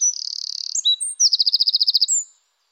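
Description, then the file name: Eurasian wren singing: a fast buzzing trill, a few sharp notes, then a brisk rattling trill of about a dozen high notes ending in a short higher note. "troglodyte"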